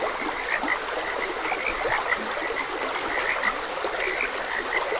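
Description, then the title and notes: Frogs croaking in a steady chorus of short, high chirping notes repeated rapidly, with occasional deeper croaks beneath, over a constant rushing trickle of flowing water. Frogs croaking beside a gentle stream; calming nature sounds. "Gentle Stream and Frogs Croaking - Calming Sounds of Nature. Sleep and Relaxation Podcast"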